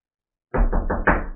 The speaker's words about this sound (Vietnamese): Ngay lúc này, từ cửa chính trạch viện đột ngột truyền đến tiếng gõ cửa vang dội.